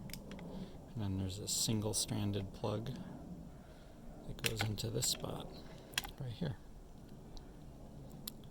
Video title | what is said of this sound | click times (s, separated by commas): phantom 2 vision plus WiFi video module reinstallation, connecting & testing with the DJI Vision app | And they all go in and they click, they lock in. | 8.3 s